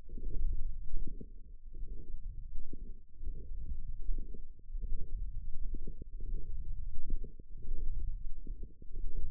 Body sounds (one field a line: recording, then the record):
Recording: forearm muscle sounds (acoustic myography)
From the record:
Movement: forearm supination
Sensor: system 1, eight BSWA MPA416 microphones around the upper forearm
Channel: 6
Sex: male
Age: 23 years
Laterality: right